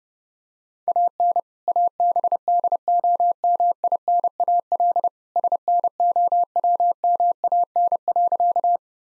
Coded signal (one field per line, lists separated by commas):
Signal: Morse code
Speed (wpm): 30 wpm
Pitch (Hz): 700 Hz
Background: none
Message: AN ABDOMINAL SNOWMAN.